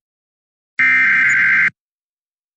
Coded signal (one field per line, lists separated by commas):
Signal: Emergency Alert System (SAME) tones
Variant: header bursts